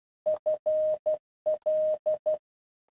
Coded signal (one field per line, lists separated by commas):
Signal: Morse code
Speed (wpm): 12 wpm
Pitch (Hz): 620 Hz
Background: none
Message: FL